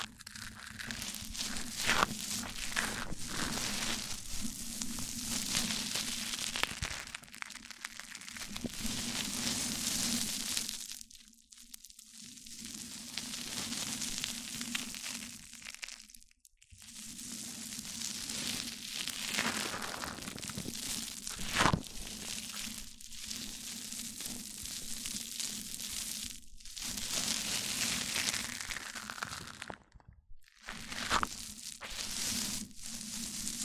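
Mic-on-mic triggers: dense scratchy rubbing and crinkling that swells in bright hissing washes, with a steady low hum underneath. Sharp taps and crackles punctuate it, and the sound cuts out briefly several times, near 11, 16 and 30 seconds.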